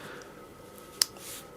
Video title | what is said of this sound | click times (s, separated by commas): CCEU #30: Slip Joint Knives 102 - How To SAFELY Use a Slip Joint Knife & More. | you hear that click holds it open and when you close it | 1.0 s